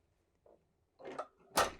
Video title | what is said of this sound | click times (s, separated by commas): 2026 Newmar Mountain Aire Operational Overview | Then, we can close the door and it relocks. | 1.6 s